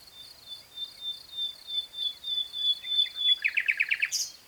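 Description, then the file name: Common nightingale song: a long steady tone, then a quick burst of several loud repeated notes and a sharp high ending. "Luscinia megarhynchos"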